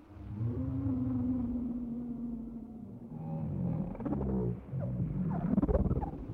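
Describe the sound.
Whale sounds: a long low moan sliding slightly down, followed by deep grunting rumbles and scattered brief squeaks.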